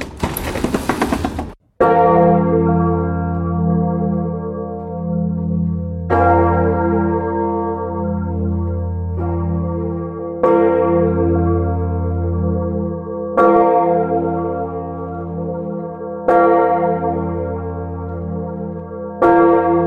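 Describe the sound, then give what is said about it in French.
After a brief rough creaking burst from the belfry, a large bell of Sens Cathedral tolls about seven times at uneven intervals of a few seconds, each deep, rich strike humming on and blending into the next. “Donc ce qu'on a entendu, c'est le beffroi de la cathédrale de Sens.”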